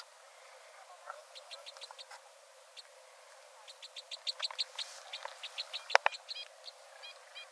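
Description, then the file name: Two-barred crossbill calls: many short, dry chip notes in loose series, some doubled, scattered throughout with a louder sharp note near the end; faint background hiss. "bindenkreuzschnabel"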